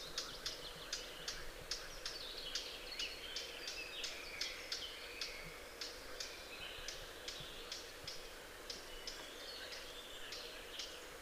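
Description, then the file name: Eurasian blackcap giving many hard tacking calls in an uneven series over several seconds, with a low hiss throughout. "Sylvia atricapilla"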